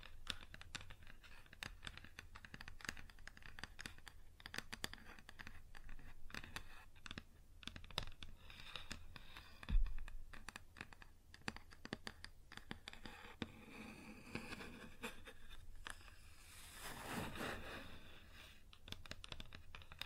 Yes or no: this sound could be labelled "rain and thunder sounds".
no